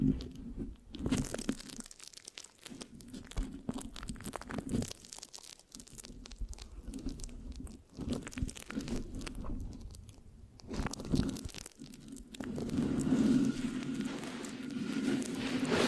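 Mic scratching with a sticky, crunchy texture, made of dense clusters of short scraping and crackling strokes that come in quick, uneven bursts. A low rumble runs underneath throughout. The sound thins into sparser taps around the middle, then grows fuller and louder from about twelve seconds on.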